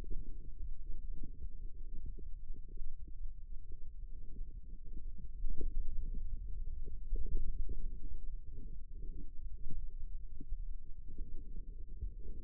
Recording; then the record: forearm muscle sounds (acoustic myography)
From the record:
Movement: ulnar deviation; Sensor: system 2, bracelet of six BSWA MPA416 microphones around the upper forearm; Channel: 6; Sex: male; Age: 22 years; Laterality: right